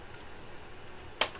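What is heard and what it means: A thread or bobbin component is pushed into its guide or lever while threading an embroidery sewing machine. After quiet low-level background, a single sharp snap is heard at 1.2 s, after an earlier try had not snapped. The part is confirmed seated in place.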